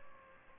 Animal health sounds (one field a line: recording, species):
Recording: mosquito wingbeat signal from an infrared sensor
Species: Culex pipiens